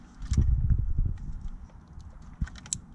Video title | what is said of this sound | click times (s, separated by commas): Installation Video: 15" 2013-2017 Honda Accord | clicks in place this goes to the glove compartment | 2.7 s